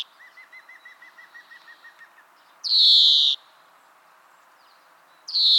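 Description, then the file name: European greenfinch with a soft, fast run of low trilled notes at first, followed by a loud, long, rasping nasal wheeze and another starting at the end. "Chloris chloris"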